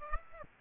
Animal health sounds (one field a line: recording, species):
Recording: mosquito wingbeat signal from an infrared sensor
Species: Aedes aegypti